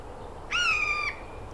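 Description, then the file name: Eurasian jay giving a single drawn-out nasal call, level then dipping slightly at the end, lasting about half a second amid soft hiss. "Garrulus glandarius"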